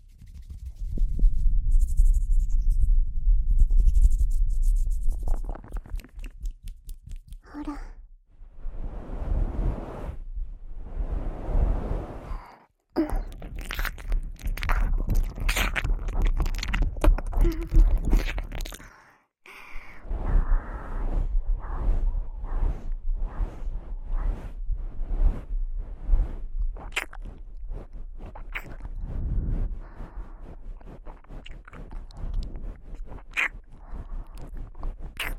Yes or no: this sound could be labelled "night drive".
no